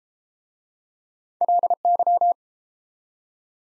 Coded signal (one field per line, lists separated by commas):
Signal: Morse code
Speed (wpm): 30 wpm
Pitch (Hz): 700 Hz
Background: none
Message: LY